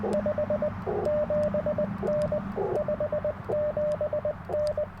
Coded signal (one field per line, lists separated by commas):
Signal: Morse code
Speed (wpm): 20 wpm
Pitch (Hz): 590 Hz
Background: radio noise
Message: 57N 57N